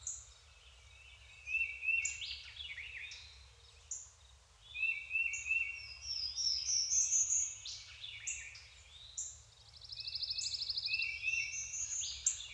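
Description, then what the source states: Overlapping songbirds give high whistles, rapid buzzy trills and a repeated lower warbling phrase, busy and continuous. Deciduous forest, daytime.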